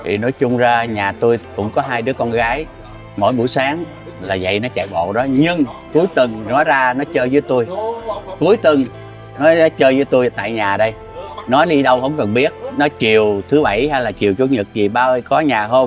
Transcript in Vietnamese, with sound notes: Thì nói chung ra nhà tôi cũng có hai đứa con gái, mỗi buổi sáng là dạy nó chạy bộ đó. Nhưng cuối tuần nó ra nó chơi với tôi [tiếng nói chuyện] Cuối tuần nó ra chơi với tôi tại nhà đây. Nó đi đâu không cần biết, nó chiều thứ bảy hay là chiều chủ nhật gì, "Ba ơi có nhà không?"